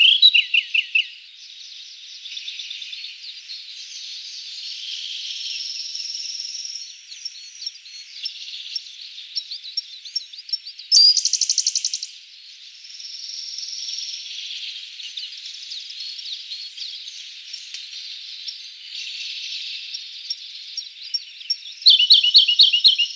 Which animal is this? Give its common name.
Siberian Blue Robin